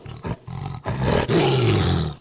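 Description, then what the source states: Sumatran tiger roaring: two short rough grunts, then a long rumbling roar. Sold by a zoo as a cell phone ringtone.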